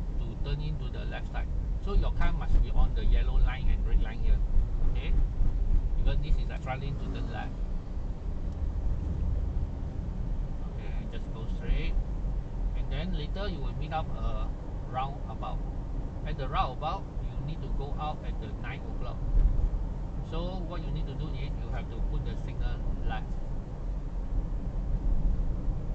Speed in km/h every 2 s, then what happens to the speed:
35, 37, 37, 39, 39, 44, 47, 49, 50, 48, 47, 49, 47.
0-8 steady at about 37. 8-14 speeds up to 49. 14-26 steady at about 48.